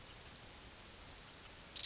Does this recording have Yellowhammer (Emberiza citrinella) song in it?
no